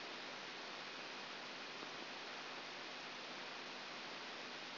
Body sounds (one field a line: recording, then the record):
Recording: brain microelectrode recording played as sound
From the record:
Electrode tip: outside the subthalamic nucleus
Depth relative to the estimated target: -6 mm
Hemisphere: left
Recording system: AlphaMap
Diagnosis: Parkinson's disease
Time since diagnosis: 15 years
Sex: female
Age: 68 years